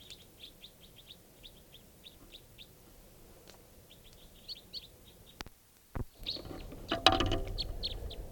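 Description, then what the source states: Crossbill calls: rapid dry chips from several birds for about five seconds, then loud knocks and a burst of noise with a few more chips. Flock of about eight wild crossbills calling from the top of a tall lodgepole pine right above camp, at 5:05 p.m.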